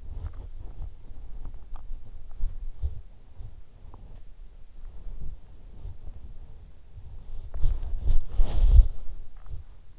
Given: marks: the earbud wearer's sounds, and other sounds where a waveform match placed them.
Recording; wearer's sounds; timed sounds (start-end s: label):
sounds in sleep by an in-ear microphone; body movement
0.00-9.96 s: body movement